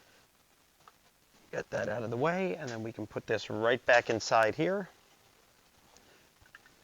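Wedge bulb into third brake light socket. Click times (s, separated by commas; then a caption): 0.9 s. A replacement 921 wedge bulb is pushed gently into the third brake light socket of a Jeep Wrangler TJ, clicking into place at 0.9 s. Someone then talks from about 1.5 s to 4.9 s, and a few faint ticks follow near the end. The bulb is seated in its socket.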